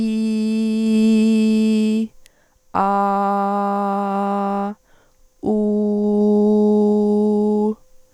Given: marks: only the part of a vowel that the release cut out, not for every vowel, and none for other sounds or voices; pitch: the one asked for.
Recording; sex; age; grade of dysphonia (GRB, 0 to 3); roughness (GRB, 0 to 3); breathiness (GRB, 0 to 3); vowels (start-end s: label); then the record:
sustained vowels; female; 40 to 49 years; 0; 0; 0
0.00-1.97 s: vowel /i/, normal pitch
2.85-4.61 s: vowel /a/, normal pitch
5.57-7.60 s: vowel /u/, normal pitch
From the record:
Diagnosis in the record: dysodia (singing voice disorder); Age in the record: 45 years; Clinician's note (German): Nach Therapie; Stimml. jetzt o.B.